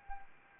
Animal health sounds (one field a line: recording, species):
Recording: mosquito wingbeat signal from an infrared sensor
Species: Anopheles arabiensis